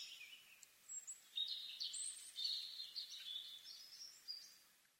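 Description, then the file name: European robin song, a faint run of thin, high, varied warbling notes and trills that rise and fall without a steady rhythm over about five seconds. "Erithacus rubecula"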